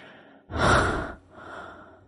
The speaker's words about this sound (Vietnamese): Nam thở hồng hộc, nó đưa tay lên trán lau mồ hôi rồi nhắm mắt nói.